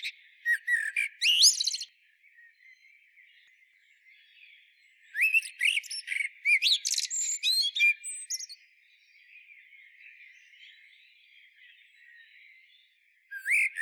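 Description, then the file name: Eurasian blackbird singing separate phrases: a brief warble with squeaky twitters, a longer phrase of mixed whistles and high chirps, then a short note at the end. "Turdus merula"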